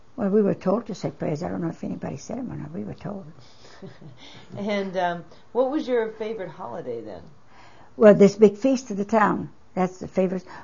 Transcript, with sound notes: Well, we were told to say prayers, I don't know if anybody said them or not but we were told. (They laugh)
And what was your favorite holiday, then?
Well, there's the big feast of the town, that's the favorite.